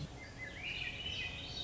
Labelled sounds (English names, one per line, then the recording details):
Swainson's Thrush
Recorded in Sonoma County, California